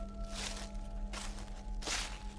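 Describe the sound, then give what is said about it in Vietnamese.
Three slow, evenly spaced crunching footsteps on gravel and dry leaves, each a short gritty rustle, over a low steady hum with no voices. “Ở bên ngoài bắt đầu có tiếng động, tiếng sỏi đá lạo xạo, tiếng bước chân dẫm lên lá cây loạt xoạt.”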